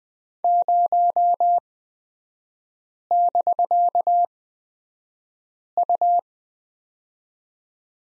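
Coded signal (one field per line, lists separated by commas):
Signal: Morse code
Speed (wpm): 20 wpm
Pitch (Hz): 700 Hz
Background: none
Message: 0<BK>U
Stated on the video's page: Morse code course lesson on the prosign BK with three-character revision, sent at a Farnsworth speed of 20/10 wpm.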